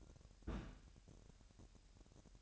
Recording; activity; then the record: daily activity, microphone in the room; place on stove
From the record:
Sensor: 2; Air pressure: 1011.9 hPa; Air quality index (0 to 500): 192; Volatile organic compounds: 3 ppm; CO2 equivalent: 1365 ppm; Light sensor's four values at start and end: 69/165/67/64 and 69/165/67/64